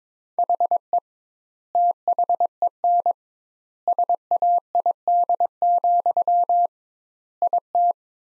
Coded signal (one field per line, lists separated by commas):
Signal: Morse code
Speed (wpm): 22 wpm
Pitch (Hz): 700 Hz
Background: none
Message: HE THEN SAID, IT